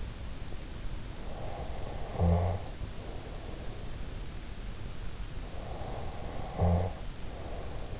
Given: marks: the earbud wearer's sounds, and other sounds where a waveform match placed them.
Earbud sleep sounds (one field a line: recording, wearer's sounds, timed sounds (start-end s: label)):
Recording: sounds in sleep by an in-ear microphone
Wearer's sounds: snoring breath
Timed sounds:
1.32-3.55 s: snoring breath
5.45-8.00 s: snoring breath